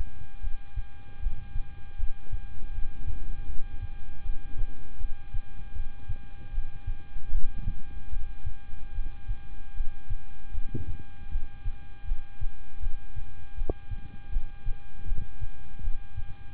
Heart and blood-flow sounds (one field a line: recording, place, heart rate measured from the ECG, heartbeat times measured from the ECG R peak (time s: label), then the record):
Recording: heart sounds by stethoscope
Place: between the tricuspid and mitral areas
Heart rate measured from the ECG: 78 bpm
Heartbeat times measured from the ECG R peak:
0.41 s: heartbeat
1.19 s: heartbeat
1.96 s: heartbeat
2.71 s: heartbeat
3.46 s: heartbeat
4.23 s: heartbeat
4.98 s: heartbeat
5.73 s: heartbeat
6.51 s: heartbeat
7.31 s: heartbeat
8.10 s: heartbeat
8.92 s: heartbeat
9.74 s: heartbeat
10.52 s: heartbeat
11.29 s: heartbeat
12.05 s: heartbeat
12.80 s: heartbeat
13.55 s: heartbeat
14.30 s: heartbeat
15.05 s: heartbeat
15.81 s: heartbeat
From the record:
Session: rest, lying down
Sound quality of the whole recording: good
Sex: male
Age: 26 years